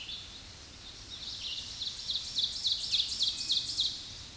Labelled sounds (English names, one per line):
Ovenbird song